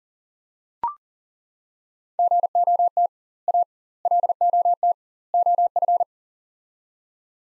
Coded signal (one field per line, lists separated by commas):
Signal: Morse code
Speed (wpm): 37 wpm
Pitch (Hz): 700 Hz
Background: none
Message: GOT A LOT OF